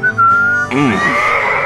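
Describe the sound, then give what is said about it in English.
A steady, high whistled note holds for a moment, then gives way to a fuller, swooping melodic passage with rich harmonics, loud and continuous throughout. “Here's some tunes to whistle on a lonely night.”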